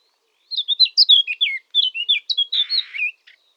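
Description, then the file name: Eurasian blackcap singing a rapid run of clear, varied warbled notes for nearly three seconds, including a brief harsher, scratchy note near the end. "Sylvia atricapilla"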